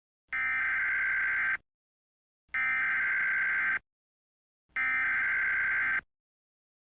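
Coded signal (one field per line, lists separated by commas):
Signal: Emergency Alert System (SAME) tones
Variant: header bursts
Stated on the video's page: Fictional EAS scenario about toxic sodas.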